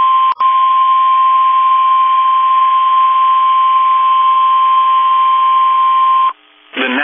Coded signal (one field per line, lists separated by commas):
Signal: Emergency Alert System (SAME) tones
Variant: 1050 Hz attention tone